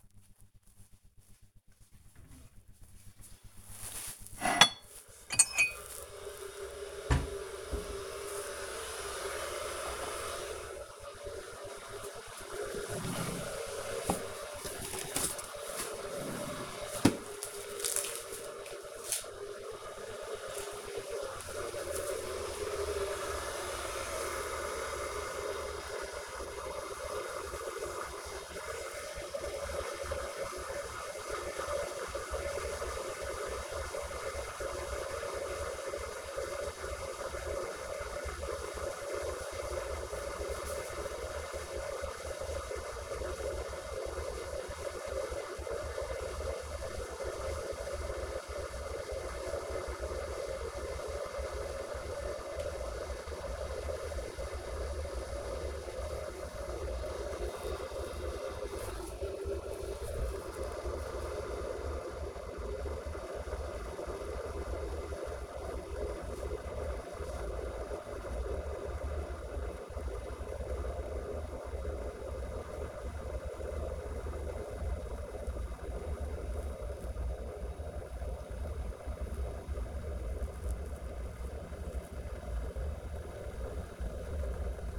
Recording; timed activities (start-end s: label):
household activities, microphone on the right wrist
0.00-84.99 s: making tea